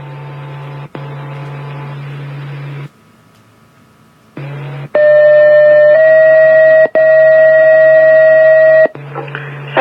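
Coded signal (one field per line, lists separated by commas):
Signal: two-tone page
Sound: hum and hiss, then loud steady tone that steps in pitch, breaks briefly, continues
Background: radio static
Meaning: Alert tones activating the pagers for stations 7 and 8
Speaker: FR KN station 7 8 n Monday test page testing 1 2 3 4 5 test complete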